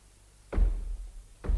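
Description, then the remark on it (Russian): Someone knocks from behind crates, as if from underground: two dull, heavy knocks about a second apart, deep and muffled with a low, thudding body, each fading slowly over a quiet background with no voices. “Вот тут за ящиками, будто под землей, не пойму!”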